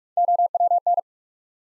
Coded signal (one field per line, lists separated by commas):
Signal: Morse code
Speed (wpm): 44 wpm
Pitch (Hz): 700 Hz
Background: none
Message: OWN